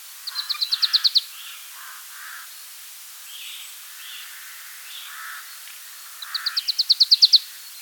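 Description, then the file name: Marsh tit trilling: a quick run of sharp, high repeated notes growing louder, given at the start and again near the end, with soft lower notes in between. "Poecile palustris"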